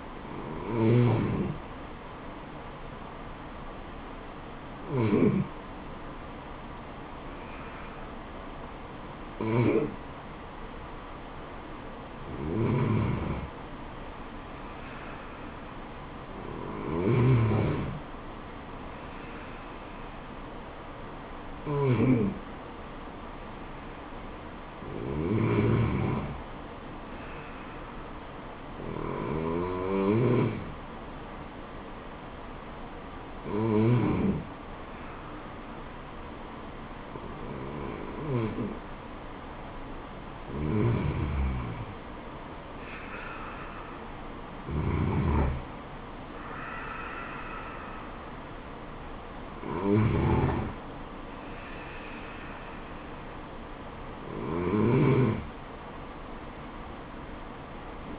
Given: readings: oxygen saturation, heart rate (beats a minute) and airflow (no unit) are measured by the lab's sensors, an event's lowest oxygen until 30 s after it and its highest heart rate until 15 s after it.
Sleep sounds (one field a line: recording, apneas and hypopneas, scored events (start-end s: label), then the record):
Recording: breathing in sleep by a voice recorder at the bedside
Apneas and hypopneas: none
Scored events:
17.00-58.19 s: new sleep stage, N2 (light sleep)
From the record:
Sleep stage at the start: N1 (lightest sleep)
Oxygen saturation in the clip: 93 to 94%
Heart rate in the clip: 71 to 80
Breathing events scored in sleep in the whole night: 426 in 7.4 hours asleep